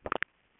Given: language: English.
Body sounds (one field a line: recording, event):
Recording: throat vibration sensor signal played as sound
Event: swallow